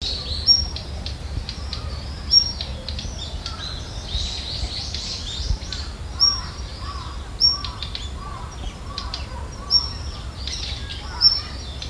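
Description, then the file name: Daurian redstart repeating thin, high whistles every few seconds, with soft lower chirps and a constant low background rumble. Female. "jobitakif"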